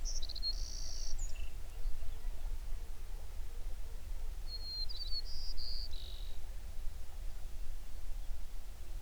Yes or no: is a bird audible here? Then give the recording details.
yes. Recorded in the Prudhoe Bay oil fields, Alaska, on 11 June 2019 at 04:48. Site 21